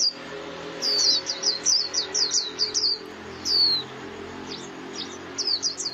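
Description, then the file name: White-eye calls: quick runs of high, thin, downslurred chirps in bursts of several notes, pausing between runs, over a steady low hum. Lure call (mồi) used for trapping white-eyes. "Tieng khuyen moi"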